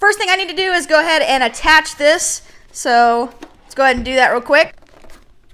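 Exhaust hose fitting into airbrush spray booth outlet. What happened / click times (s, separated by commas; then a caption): The hose fitting is being handled but has not yet snapped into the port / none. Someone talks while handling the duct-taped exhaust hose fitting to attach it to the airbrush spray booth's exhaust port, followed by a couple of faint, brief handling sounds near the end. Nothing has seated or clicked yet.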